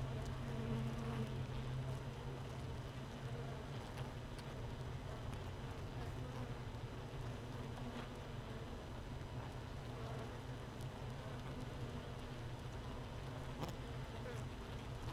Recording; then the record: honeybee colony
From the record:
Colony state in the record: missing queen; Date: 31 May 2018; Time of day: 15:10